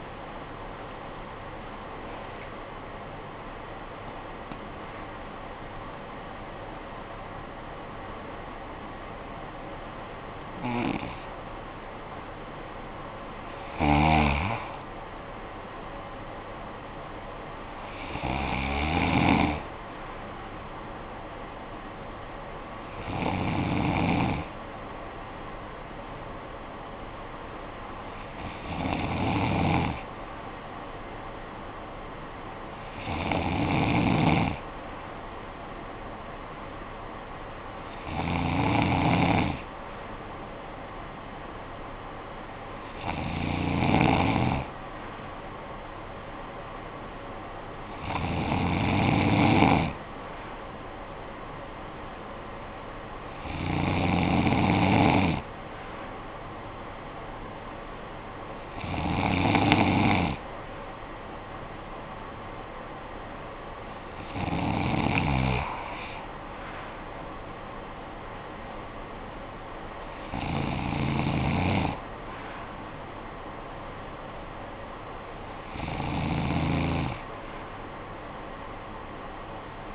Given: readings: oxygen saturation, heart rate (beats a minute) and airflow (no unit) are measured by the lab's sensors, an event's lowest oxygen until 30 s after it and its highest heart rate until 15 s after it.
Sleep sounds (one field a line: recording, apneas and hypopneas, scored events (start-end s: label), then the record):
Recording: breathing in sleep by a voice recorder at the bedside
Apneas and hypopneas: 1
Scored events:
8.00-27.50 s: hypopnea (N2, oxygen 97% highest, then 93% lowest, heart rate 83 at the start, 83 highest)
14.00-44.00 s: new sleep stage, N1 (lightest sleep)
44.00-79.95 s: new sleep stage, N2 (light sleep)
From the record:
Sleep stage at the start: N2 (light sleep)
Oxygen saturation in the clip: 92 to 97%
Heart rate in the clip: 49 to 83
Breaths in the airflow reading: 16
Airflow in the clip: -10.5 to 11.7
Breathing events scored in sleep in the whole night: 445 in 7.6 hours asleep